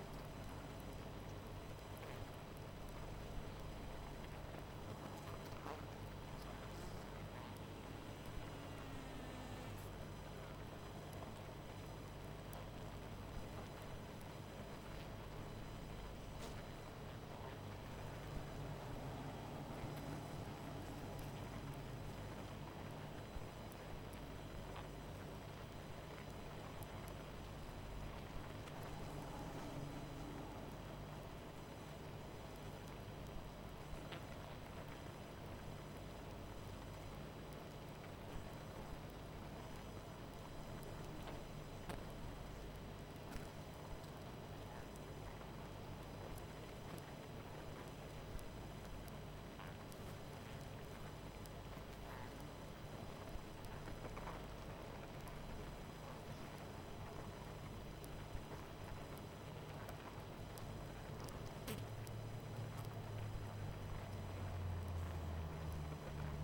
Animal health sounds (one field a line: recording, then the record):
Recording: honeybee colony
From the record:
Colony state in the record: missing queen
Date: 14 July 2017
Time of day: 21:21